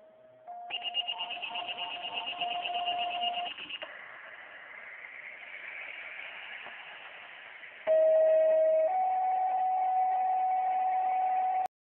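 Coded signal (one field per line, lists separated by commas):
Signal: two-tone page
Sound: buzzy alert tone with clatter, then a steady tone for one second, then a slightly higher tone for three seconds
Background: station alert system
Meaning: The tone pair activates the fire station's pagers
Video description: . Minitor Activation. Also Station Alert System in the background.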